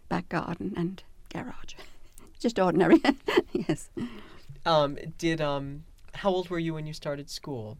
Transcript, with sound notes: Back garden and garage. Just ordinary, yes. (she laughs)
Did, how old were you when you started school?